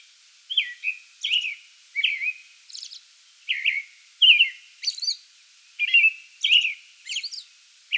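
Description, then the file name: American robin song of rich caroling phrases of rising and falling whistled syllables, interspersed with thin high-pitched squeaks. Song bout, 8 May 2022. "2022-05-08 American Robin song bout"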